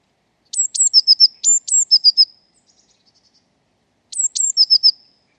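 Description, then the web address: Eurasian blue tit giving high piercing double notes, each pair followed by a short burst of lower rattling notes, a longer run first, then one more phrase after a pause. "cianscape birddata Deverinetal 2025 File origin Bird Only Cy Ca"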